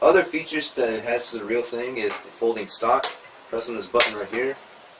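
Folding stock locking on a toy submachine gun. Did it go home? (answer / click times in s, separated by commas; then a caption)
no / none. Someone talks while handling the folding stock of a plastic toy MP40 submachine gun, pressing its release button to unfold the stock. Only speech is heard, with no sharp click. Nothing has seated or clicked into place yet.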